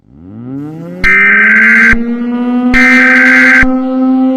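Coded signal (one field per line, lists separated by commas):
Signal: Emergency Alert System (SAME) tones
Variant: header bursts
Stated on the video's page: Fictional analog horror EAS scenario, made with software.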